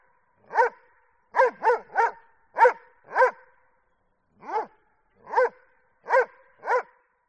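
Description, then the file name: Doberman giving a run of loud gruff barks, some in quick pairs, with a brief pause midway. "audio hero Dog Doberman"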